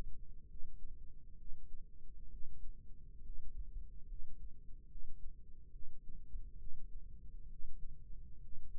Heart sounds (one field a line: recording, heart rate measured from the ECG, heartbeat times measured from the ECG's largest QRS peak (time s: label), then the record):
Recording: heart sounds by microphone in the left ear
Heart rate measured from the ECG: 68 bpm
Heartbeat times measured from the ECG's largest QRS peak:
0.46 s: heartbeat
1.35 s: heartbeat
2.28 s: heartbeat
3.20 s: heartbeat
4.04 s: heartbeat
4.86 s: heartbeat
5.70 s: heartbeat
6.56 s: heartbeat
7.47 s: heartbeat
8.39 s: heartbeat
From the record:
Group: healthy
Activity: rest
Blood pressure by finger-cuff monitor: 141/71 mmHg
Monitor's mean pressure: 93 mmHg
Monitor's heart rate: 71 bpm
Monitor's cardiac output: 5.7 L/min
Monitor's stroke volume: 81 mL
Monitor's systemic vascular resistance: 1140 dyn s/cm5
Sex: female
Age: 37 years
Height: 168 cm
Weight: 70 kg